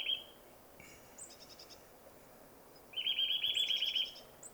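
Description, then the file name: Eurasian nuthatch with rapid, level piping trills, a brief one at the start and a longer run near the end, with faint high chips in between. "Sitta europaea"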